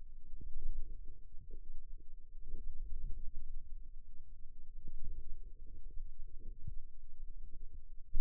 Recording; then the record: forearm muscle sounds (acoustic myography)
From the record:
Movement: ulnar deviation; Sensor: system 2, bracelet of six BSWA MPA416 microphones around the upper forearm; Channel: 5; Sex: female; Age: 22 years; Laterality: right